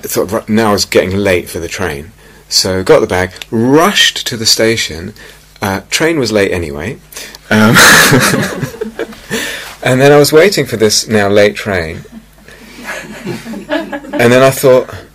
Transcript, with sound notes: thought "Now it's getting late for the train," so got the bag, rushed to the station, train was late anyway. [laughter] And then I was waiting for this now late train, and then I thought,